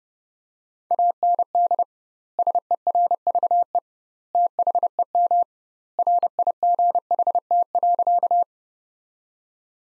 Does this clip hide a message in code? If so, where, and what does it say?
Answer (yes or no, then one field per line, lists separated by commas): yes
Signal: Morse code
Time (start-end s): 0.9-8.4 s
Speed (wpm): 30 wpm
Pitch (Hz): 700 Hz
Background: none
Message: AND SERVE THEM RIGHT.